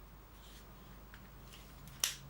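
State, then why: Seated. The knife blade of a metal Trojan 4-in-1 utility knife multi-tool is folded into the tool's body. After a quiet stretch with faint small handling sounds around 1.1 and 1.9 seconds, the blade locks into place with a single sharp click at 2.0 seconds.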